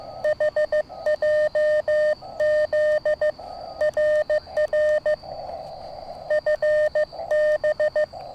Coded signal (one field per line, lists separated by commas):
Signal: Morse code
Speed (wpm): 15 wpm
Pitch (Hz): 610 Hz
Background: none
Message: HJZ RR FB